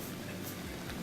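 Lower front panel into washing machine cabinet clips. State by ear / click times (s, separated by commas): not seated / none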